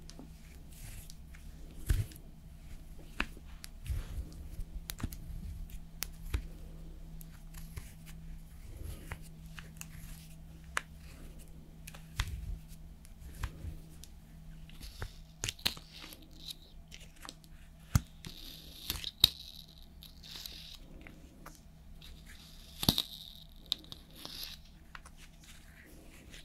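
Slow makeup application with personal attention: soft brushing and tapping sounds recur every second or two, with sharper clicks and small crunches scattered throughout. A steady low hum runs underneath, and a brief brighter rustle appears near the twenty-three second mark.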